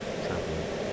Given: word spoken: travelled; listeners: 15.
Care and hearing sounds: one English word in noise, from a listening test; speech-shaped noise; -4.3 dB; 0 of 15; 11 of 15; 0.53 s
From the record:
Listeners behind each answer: 11, 1, 1, 1, 1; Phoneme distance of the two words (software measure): 7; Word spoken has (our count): 2 syllables, 6 phonemes, stress on syllable 1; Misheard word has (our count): 2 syllables, 5 phonemes, stress on syllable 1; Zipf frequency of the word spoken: 4.40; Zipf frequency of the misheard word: 4.82

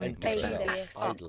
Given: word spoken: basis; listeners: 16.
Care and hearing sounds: one English word in noise, from a listening test; four-talker babble; -2.9 dB; 4 of 16; 7 of 16; 0.89 s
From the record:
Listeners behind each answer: 7, 4, 4, 1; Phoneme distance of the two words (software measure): 7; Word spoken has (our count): 2 syllables, 5 phonemes, stress on syllable 1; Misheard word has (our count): 2 syllables, 6 phonemes, stress on syllable 1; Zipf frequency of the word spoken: 4.63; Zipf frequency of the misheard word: 3.88

